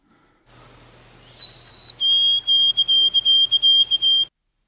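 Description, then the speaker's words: White-throated Sparrow song: clear whistled notes stepping slightly downward, then a long run of quick repeated high whistles, steady pitch, ending abruptly. New song variant with a two-note ending, spreading and replacing the original three-note version. "And let's listen to the hot new song."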